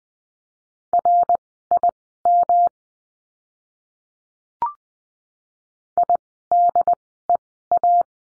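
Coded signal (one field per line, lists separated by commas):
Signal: Morse code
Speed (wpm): 20 wpm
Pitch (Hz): 700 Hz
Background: none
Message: RIM IDEA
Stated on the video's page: Morse code course lesson on the letter M, words sent at Farnsworth speed 20/10 wpm.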